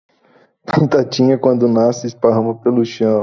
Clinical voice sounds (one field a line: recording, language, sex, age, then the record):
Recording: short text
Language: Brazilian Portuguese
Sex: male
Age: 20 to 29 years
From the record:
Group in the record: control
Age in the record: 26 years